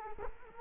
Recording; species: mosquito wingbeat signal from an infrared sensor; Culex quinquefasciatus